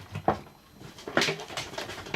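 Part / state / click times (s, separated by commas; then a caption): front panel on a PC case chassis / not seated / none. The clip-on front panel of a PC case, which gives access to the front fans, is handled as it is pushed back toward the chassis. Sharp plastic knocks and taps come at about 0.3, 1.2, 1.6, 1.8 and 2.1 seconds. Nothing has seated or clicked into place yet.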